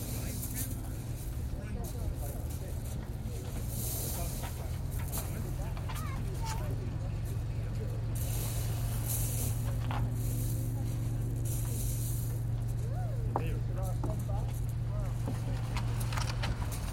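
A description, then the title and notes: Waiting passengers chatter while a steady low engine rumble, likely the ferry or a vehicle, hums underneath throughout. Bright bursts of hiss come and go, perhaps a brake release or water, and livelier voices rise after about eight seconds. Shingle Street in Suffolk, for a New Years Day walk. We made a short detour to Bawdsey and waited for the ferry to return across the River Deben.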